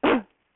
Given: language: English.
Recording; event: throat vibration sensor signal played as sound; cough